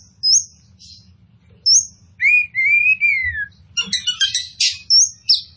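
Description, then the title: Oriental magpie-robin giving spaced high whistles, a long drawn falling whistle, then a quick scratchy chattering burst, with low hum throughout. Kacer poci form of the bird, described as gacor, meaning singing vigorously and constantly. "Kacer Poci Gacor"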